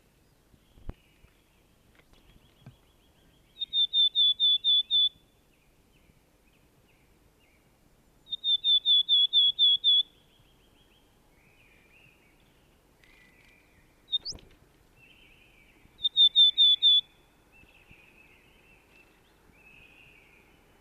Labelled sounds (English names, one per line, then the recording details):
Willow Tit song
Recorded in the wild
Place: Ehrwald, Tirol, AT
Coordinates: 47.4167, 10.9428
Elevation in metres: 1173
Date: 1971-04-13
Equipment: Nagra IV, Sennheiser MKH 405, Parabolreflektor
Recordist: Tretzel, Erwin